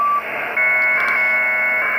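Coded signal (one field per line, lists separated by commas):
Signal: HF data modem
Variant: about 1200 bps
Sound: short steady beep, a burst of hiss, then a dense buzzing chord of data tones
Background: radio static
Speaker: we go and that comes through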